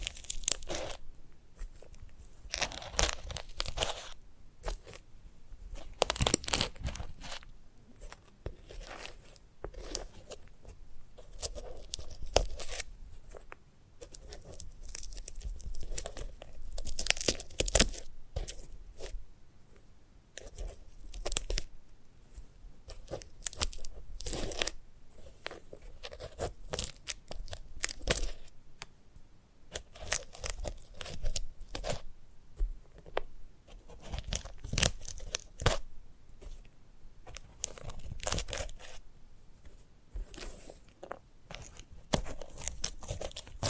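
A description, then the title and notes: Dry crackling and tearing sounds from a sunflower head being handled and picked apart, with dense, irregular snaps and crunches throughout. Sharper bursts stand out around 6, 17 and 28 seconds, and quieter scratchy rustling fills the gaps between them. ASMR of a Sunflower Head (No Talking).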